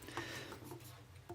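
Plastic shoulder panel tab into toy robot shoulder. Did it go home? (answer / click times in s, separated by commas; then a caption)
no / none. A plastic shoulder panel on a Transformers Human Alliance Soundwave/Barricade Asia Premium robot toy is pushed to try to make its hidden tab clip into the shoulder. Only small plastic taps are heard, around 0.2 s, 1.3 s and 1.4 s. The tab fails to clip into place, and nothing has seated or clicked yet.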